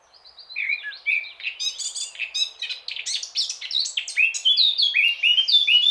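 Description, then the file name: Eurasian blackcap singing: quiet twittering opens the phrase, then builds into rapid scratchy notes and ends in a run of bright, mellow whistled flourishes. "Sylvia atricapilla"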